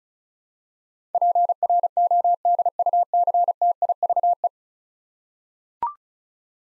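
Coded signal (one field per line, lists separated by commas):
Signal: Morse code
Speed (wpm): 36 wpm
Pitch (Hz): 700 Hz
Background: none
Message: PRODUCTIVE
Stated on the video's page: Morse practice of 10-letter words at 35 wpm for head-copying, each word sent twice.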